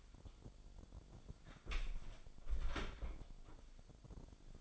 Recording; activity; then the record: daily activity, microphone in the room; close door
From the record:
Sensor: 5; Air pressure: 1007.2 hPa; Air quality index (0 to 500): 170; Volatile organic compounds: 4 ppm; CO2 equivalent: 1629 ppm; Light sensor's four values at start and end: 55/157/61/61 and 56/157/61/61